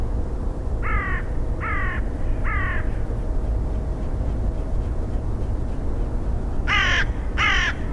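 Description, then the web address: Bird giving harsh, nasal calls: three evenly spaced at the start, a long pause, then two louder ones near the end, over a constant low rumble. "Bird Only"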